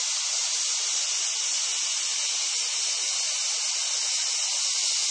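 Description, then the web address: Cicadas giving a continuous, loud, high-pitched buzzing drone that stays steady without breaks. "Sound Effects-SFXSource Cicadas"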